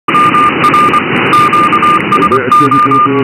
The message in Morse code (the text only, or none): MR QSO